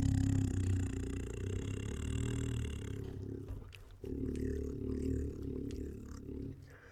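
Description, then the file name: Tiger producing a steady, low, rumbling growl that dips briefly, then resumes and slowly fades. Tiger forcefully growling and licking. "Tiger Forcefully Growls and Licks [Sound Ideas]"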